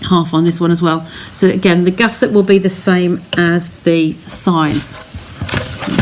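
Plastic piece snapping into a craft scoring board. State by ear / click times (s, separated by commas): seated / 5.5 s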